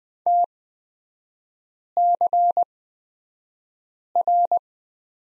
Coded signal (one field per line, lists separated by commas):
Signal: Morse code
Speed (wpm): 20 wpm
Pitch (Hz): 700 Hz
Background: none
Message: TCR